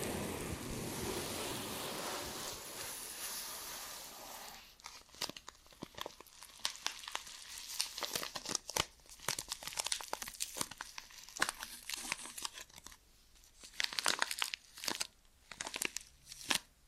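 Ear and scalp massage: a steady dense rubbing for about five seconds, then irregular crisp crinkling and scratching bursts with brief pauses.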